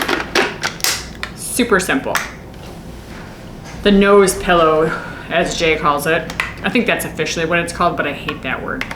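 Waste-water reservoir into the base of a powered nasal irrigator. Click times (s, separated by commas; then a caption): 0.8 s. The plastic waste-water reservoir is pushed into the bottom of a Navage powered nasal irrigator and snaps into the base with a sharp click at 0.8 s, seating it in place. Someone talks throughout.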